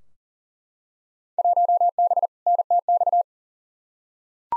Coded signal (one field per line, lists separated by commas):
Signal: Morse code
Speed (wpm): 40 wpm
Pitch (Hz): 700 Hz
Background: none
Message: 1B NTX